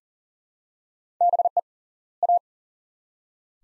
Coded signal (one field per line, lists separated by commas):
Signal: Morse code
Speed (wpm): 40 wpm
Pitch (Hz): 700 Hz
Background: none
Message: BE A